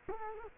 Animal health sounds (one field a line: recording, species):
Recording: mosquito wingbeat signal from an infrared sensor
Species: Culex quinquefasciatus